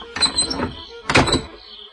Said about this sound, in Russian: Она подошла на цыпочках к сараю и для спокойствия задвинула засов на двери.